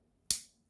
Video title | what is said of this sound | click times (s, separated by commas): I Tested the Bosch 16-in-1 Multitool — Here's What Surprised Me! 1600A02Z98 | That's the click. | 0.3 s